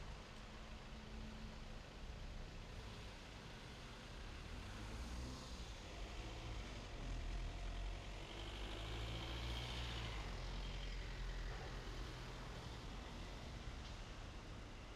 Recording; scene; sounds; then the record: everyday scene through a hearing-aid microphone; in traffic; traffic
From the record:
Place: main road on the outskirts, rush hour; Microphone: in the ear canal, left